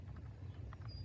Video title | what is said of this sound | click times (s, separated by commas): Volvo P3 Door Lock Module Replacement | that holds it in place. You just kind of push it in there. Um, and it snaps in place. | 0.7 s